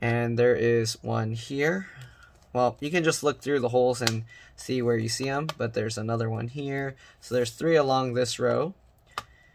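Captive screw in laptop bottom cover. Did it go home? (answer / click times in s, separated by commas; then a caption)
released / 9.2 s. A PH0 screwdriver turns a small captive screw under the bottom panel of a Lenovo ThinkPad T460s laptop while someone talks. At 9.2 s a sharp click is heard as the captive screw disengages and comes free.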